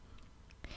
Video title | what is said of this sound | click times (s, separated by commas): OtterBox Defender Case for iPod Touch 4g Review | You first put it in the back plate and then snap on the front plate. | 0.5 s, 0.6 s